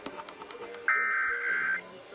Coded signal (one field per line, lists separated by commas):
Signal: Emergency Alert System (SAME) tones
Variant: header bursts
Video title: BUNCHA TESTS! Connecticut Required Monthly Tests (1/6/18) (EAS 515-525)